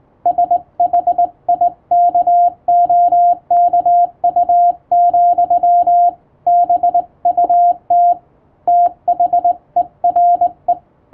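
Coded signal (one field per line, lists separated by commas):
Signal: Morse code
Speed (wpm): 20 wpm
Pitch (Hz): 700 Hz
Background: radio noise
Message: SHIKOKU, BUT THERE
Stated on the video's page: Morse code sent with a telegraph key by a first-class radiotelegraph operator, as a thank-you message.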